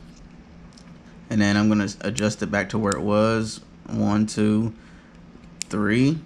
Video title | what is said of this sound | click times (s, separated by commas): Shimano 2021 Scorpion DC review | let's get this bad boy back on there there we go you're gonna hear a click like that and | 0.8 s